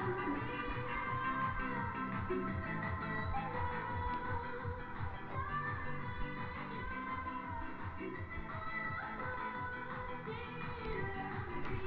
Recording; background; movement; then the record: deep breathing; music; walking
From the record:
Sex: female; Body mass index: 21.8 kg/m2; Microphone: on the chest, facing the body